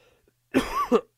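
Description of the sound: A single cough from a 36-year-old man who has COVID, with sneezing, coughing, a sore throat and a lost voice after earlier headache, chills and fever.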